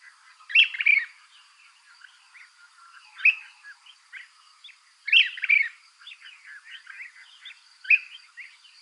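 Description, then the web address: Brown-crested Flycatcher giving loud call phrases in bursts, separated by softer notes, over a steady high tone. Ecuador. "Natures Songs S America Birds of Ecuador. Brown-Crested Flycatcher"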